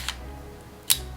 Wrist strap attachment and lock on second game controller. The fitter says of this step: Lock this part in bottom, and it's all set.